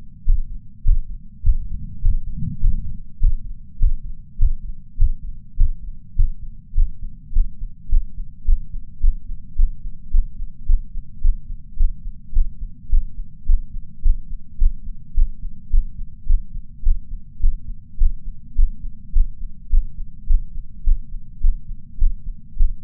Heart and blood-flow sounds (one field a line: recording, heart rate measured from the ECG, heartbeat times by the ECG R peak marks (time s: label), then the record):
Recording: heart sounds by patch sensor on the chest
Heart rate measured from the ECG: 105 bpm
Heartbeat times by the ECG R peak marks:
0.25 s: heartbeat
0.84 s: heartbeat
1.42 s: heartbeat
1.90 s: heartbeat
2.52 s: heartbeat
3.06 s: heartbeat
3.79 s: heartbeat
4.38 s: heartbeat
4.97 s: heartbeat
5.56 s: heartbeat
6.16 s: heartbeat
6.75 s: heartbeat
7.33 s: heartbeat
7.90 s: heartbeat
8.46 s: heartbeat
9.01 s: heartbeat
9.56 s: heartbeat
10.11 s: heartbeat
10.67 s: heartbeat
11.22 s: heartbeat
11.77 s: heartbeat
12.33 s: heartbeat
12.90 s: heartbeat
13.46 s: heartbeat
14.03 s: heartbeat
14.59 s: heartbeat
15.15 s: heartbeat
15.71 s: heartbeat
16.27 s: heartbeat
16.83 s: heartbeat
17.41 s: heartbeat
17.98 s: heartbeat
18.56 s: heartbeat
19.13 s: heartbeat
19.70 s: heartbeat
20.27 s: heartbeat
20.84 s: heartbeat
21.41 s: heartbeat
21.99 s: heartbeat
22.57 s: heartbeat
From the record:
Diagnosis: coronary artery disease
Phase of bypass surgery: intraoperative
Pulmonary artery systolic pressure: 30 mmHg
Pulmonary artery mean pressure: 20 mmHg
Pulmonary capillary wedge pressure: 14 mmHg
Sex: male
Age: 62 years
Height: 165 cm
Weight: 72 kg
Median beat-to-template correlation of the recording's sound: 0.95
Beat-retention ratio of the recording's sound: 0.98